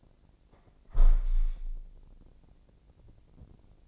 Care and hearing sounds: daily activity, microphone in the room; close window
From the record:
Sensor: 5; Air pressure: 1012.4 hPa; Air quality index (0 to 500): 161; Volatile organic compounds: 2 ppm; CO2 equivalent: 1090 ppm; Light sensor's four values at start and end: 67/161/66/69 and 67/161/66/69

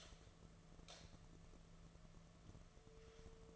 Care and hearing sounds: daily activity, microphone in the room; light on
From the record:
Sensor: 4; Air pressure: 1015.6 hPa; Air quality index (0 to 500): 183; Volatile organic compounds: 8 ppm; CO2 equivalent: 2119 ppm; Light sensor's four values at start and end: 13/30/12/12 and 14/33/13/13

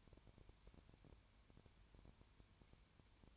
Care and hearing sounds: daily activity, microphone in the room; no activity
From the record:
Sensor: 2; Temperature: 20.3 degrees Celsius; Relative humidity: 33.8%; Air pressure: 1003.2 hPa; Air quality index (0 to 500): 82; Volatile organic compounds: 1 ppm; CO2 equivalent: 781 ppm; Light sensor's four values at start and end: 2/3/2/2 and 2/3/2/2

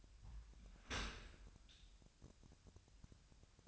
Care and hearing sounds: daily activity, microphone in the room; open dishwasher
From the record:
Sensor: 2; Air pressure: 1006.6 hPa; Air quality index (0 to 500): 202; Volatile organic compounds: 14 ppm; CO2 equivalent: 2470 ppm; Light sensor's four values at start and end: 9/22/9/9 and 9/22/9/9

